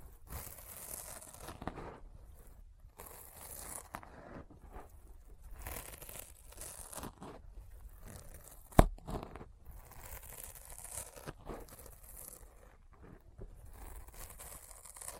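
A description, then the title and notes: Sticky finger sounds crackle and peel in uneven bursts, with short tearing, crinkling noises coming every second or so across the whole clip. A single sharp click stands out near the nine-second mark, and brief quiet gaps separate some of the bursts. ASMR Intense Sticky Finger Sounds (No Talking).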